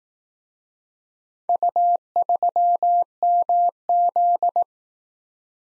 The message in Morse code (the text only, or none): U3MZ